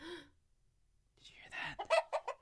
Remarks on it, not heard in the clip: We're eating, so my hiccups are going to be worse this episode.